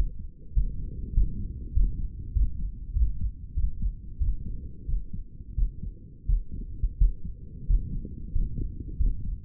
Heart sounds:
heart sounds by stethoscope; 92 bpm
0.54 s: heartbeat
1.14 s: heartbeat
1.73 s: heartbeat
2.33 s: heartbeat
2.94 s: heartbeat
3.55 s: heartbeat
4.19 s: heartbeat
4.86 s: heartbeat
5.55 s: heartbeat
6.26 s: heartbeat
6.98 s: heartbeat
7.67 s: heartbeat
8.32 s: heartbeat
8.97 s: heartbeat
From the record:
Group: healthy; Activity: rest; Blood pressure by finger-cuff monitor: 127/63 mmHg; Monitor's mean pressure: 77 mmHg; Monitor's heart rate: 99 bpm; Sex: male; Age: 35 years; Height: 180 cm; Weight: 86.9 kg

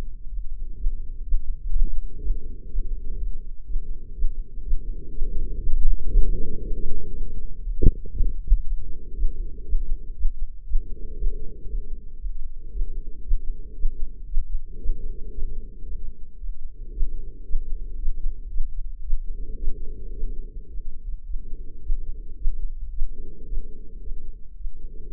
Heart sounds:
heart sounds by microphone in the left ear; 116 bpm
0.28 s: heartbeat
0.76 s: heartbeat
1.23 s: heartbeat
1.71 s: heartbeat
2.19 s: heartbeat
2.67 s: heartbeat
3.16 s: heartbeat
3.65 s: heartbeat
4.14 s: heartbeat
4.62 s: heartbeat
5.11 s: heartbeat
5.60 s: heartbeat
6.09 s: heartbeat
6.59 s: heartbeat
7.09 s: heartbeat
7.60 s: heartbeat
8.11 s: heartbeat
8.63 s: heartbeat
9.14 s: heartbeat
9.64 s: heartbeat
10.14 s: heartbeat
10.64 s: heartbeat
11.15 s: heartbeat
11.66 s: heartbeat
12.18 s: heartbeat
12.70 s: heartbeat
13.22 s: heartbeat
13.75 s: heartbeat
14.27 s: heartbeat
14.78 s: heartbeat
15.31 s: heartbeat
15.84 s: heartbeat
16.37 s: heartbeat
16.91 s: heartbeat
17.44 s: heartbeat
17.97 s: heartbeat
18.50 s: heartbeat
19.02 s: heartbeat
19.56 s: heartbeat
20.12 s: heartbeat
20.68 s: heartbeat
21.24 s: heartbeat
21.80 s: heartbeat
22.36 s: heartbeat
22.91 s: heartbeat
23.46 s: heartbeat
24.00 s: heartbeat
24.55 s: heartbeat
25.10 s: heartbeat
From the record:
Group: healthy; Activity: rest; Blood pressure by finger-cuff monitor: 149/79 mmHg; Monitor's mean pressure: 97 mmHg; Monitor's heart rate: 116 bpm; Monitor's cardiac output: 8.1 L/min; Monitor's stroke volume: 71 mL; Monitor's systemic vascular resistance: 890 dyn s/cm5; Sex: female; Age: 43 years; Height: 160 cm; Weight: 90 kg

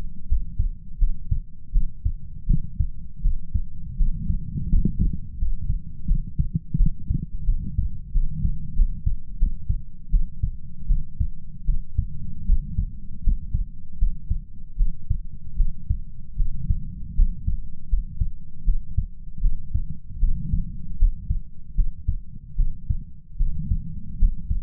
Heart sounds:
heart sounds by stethoscope; 80 bpm
0.26 s: heartbeat
0.97 s: heartbeat
1.71 s: heartbeat
2.45 s: heartbeat
3.21 s: heartbeat
3.96 s: heartbeat
4.68 s: heartbeat
5.37 s: heartbeat
6.05 s: heartbeat
6.75 s: heartbeat
7.44 s: heartbeat
8.11 s: heartbeat
8.74 s: heartbeat
9.37 s: heartbeat
10.09 s: heartbeat
10.86 s: heartbeat
11.64 s: heartbeat
12.44 s: heartbeat
13.21 s: heartbeat
13.97 s: heartbeat
14.75 s: heartbeat
15.55 s: heartbeat
16.35 s: heartbeat
17.14 s: heartbeat
17.87 s: heartbeat
18.63 s: heartbeat
19.39 s: heartbeat
20.18 s: heartbeat
20.97 s: heartbeat
21.74 s: heartbeat
22.55 s: heartbeat
23.36 s: heartbeat
24.17 s: heartbeat
From the record:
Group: healthy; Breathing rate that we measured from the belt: 14 breaths a minute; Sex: female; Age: 26 years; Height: 165 cm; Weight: 55 kg

